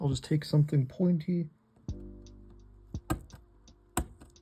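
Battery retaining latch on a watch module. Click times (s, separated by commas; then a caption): 4.0 s. Someone talks, then uses a pointed tool to push down the metal battery-retaining tab over a new CR1220 coin cell in the 5081 module of a G-Shock GA-100B watch. A few small taps and scrapes come from about 1.9 s, and the tab snaps shut with a sharp click at 4.0 s. The battery is securely latched in place.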